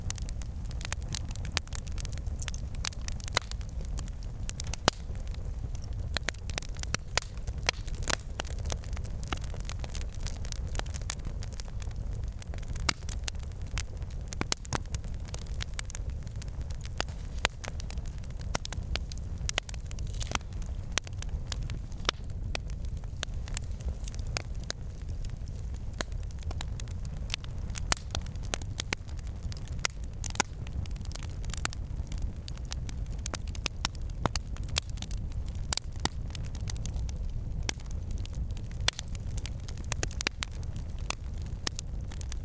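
A campfire crackles gently and steadily, with dense, irregular pops and snaps scattered throughout and a few sharper cracks standing out. Underneath runs a soft, low rumble of the burning fire. The level stays even from start to finish, close and unchanging.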